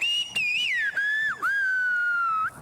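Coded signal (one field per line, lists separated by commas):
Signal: whistled language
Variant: Silbo Gomero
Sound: a loud gliding whistle rising and falling, with two short breaks, about 2.5 seconds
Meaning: A greeting: hello, dear friend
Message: Bonjour, cher ami.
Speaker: C'est drôle. Bonjour, cher ami.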